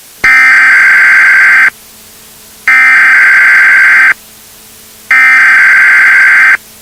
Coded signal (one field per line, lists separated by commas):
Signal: Emergency Alert System (SAME) tones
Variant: header bursts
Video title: Terror in the USA: An Uncut EAS Nuclear Attack Series [unissued]